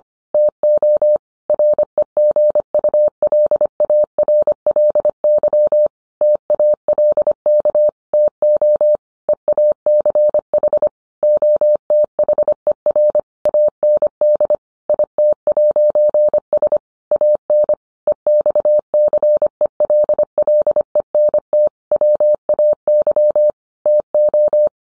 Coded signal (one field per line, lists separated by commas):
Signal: Morse code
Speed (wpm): 25 wpm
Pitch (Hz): 600 Hz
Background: none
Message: TO REGULARLY TALK TO EACH OTHER AND IT'S AN EXCELLENT WAY TO